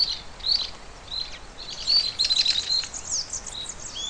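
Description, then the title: Bird song: dense, high chirps and short whistled phrases tumbling over one another, with a final drawn-out whistle against a constant hiss. "LuckyPassaro Completos2Sama"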